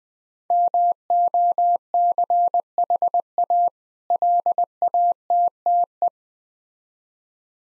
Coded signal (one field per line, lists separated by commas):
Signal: Morse code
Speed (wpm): 20 wpm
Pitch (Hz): 700 Hz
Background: none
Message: MOCHA LATTE